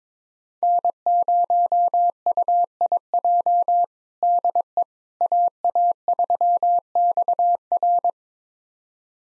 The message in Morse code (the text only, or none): N0UIJ DE AA3XR